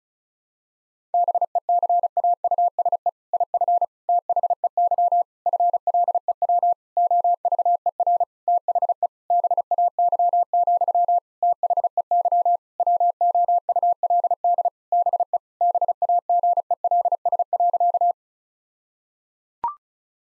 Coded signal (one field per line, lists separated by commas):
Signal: Morse code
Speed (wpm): 34 wpm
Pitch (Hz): 700 Hz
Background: none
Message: BECAUSE IF THEY FLEW OVER THE BAY, THEY WOULD BE BAGELS.